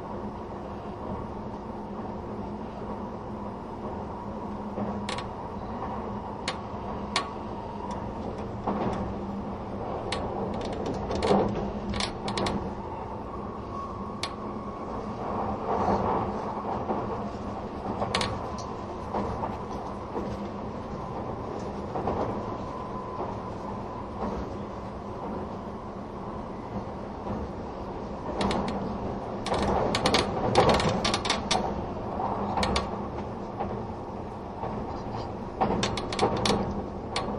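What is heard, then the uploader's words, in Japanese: Running sound heard from inside an express train: a steady low rumble and hum with a constant whine, swelling louder around the middle and again near the end. Frequent short clicks and knocks from the wheels and fittings punctuate the ride throughout. 東武N100系 スペーシア07号 01/01:浅草～鬼怒川温泉。その車両の最長運用となる特急＂スペーシアＸ07号＂の列車走行音。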